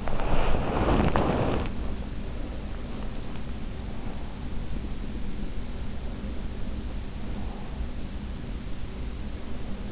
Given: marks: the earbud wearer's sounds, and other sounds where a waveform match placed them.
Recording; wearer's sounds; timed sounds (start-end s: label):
sounds in sleep by an in-ear microphone; body movement
0.00-1.83 s: body movement